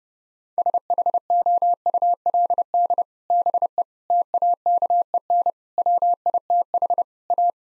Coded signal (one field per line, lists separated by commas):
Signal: Morse code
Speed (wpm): 32 wpm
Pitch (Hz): 700 Hz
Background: none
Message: SHOULD BE TAKEN WITH A